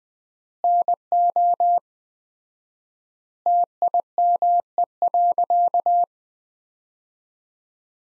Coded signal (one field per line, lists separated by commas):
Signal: Morse code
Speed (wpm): 20 wpm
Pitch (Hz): 700 Hz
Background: none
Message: NO TIME.